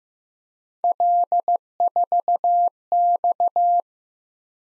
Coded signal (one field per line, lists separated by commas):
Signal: Morse code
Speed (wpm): 15 wpm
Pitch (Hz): 700 Hz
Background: none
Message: L4X